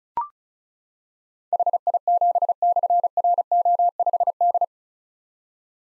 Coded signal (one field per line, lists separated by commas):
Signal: Morse code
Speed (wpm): 36 wpm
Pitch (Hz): 700 Hz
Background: none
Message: HI7/RO5D